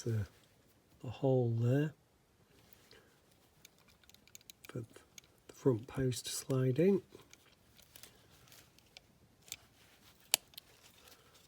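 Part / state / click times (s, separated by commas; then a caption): base plate onto diecast car body / seated / 10.3 s. Someone talks while fitting the metal or plastic base plate onto the body of a Corgi Rockets Cadillac Eldorado diecast car during restoration, sliding its front post into a hole, with faint taps and handling noises. A sharp click at 10.3 s marks the base plate seating onto the body, after which it is nudged back a bit.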